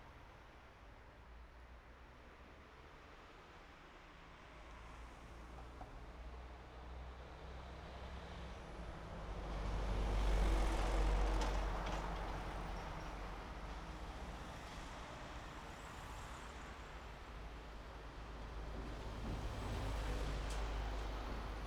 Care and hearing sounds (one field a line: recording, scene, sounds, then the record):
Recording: everyday scene through a hearing-aid microphone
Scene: in traffic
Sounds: traffic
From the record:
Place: main road on the outskirts, rush hour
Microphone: behind the ear, right, front